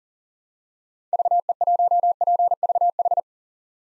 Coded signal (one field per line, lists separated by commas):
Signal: Morse code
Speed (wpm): 37 wpm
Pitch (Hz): 700 Hz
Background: none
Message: VE1PVH